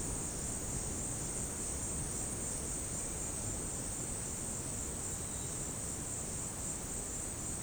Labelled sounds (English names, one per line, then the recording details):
none
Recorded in dense forest near Puerto Asís, Putumayo, Colombia, on 20 February 2024 at 17:30
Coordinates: 0.486, -76.316
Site G6437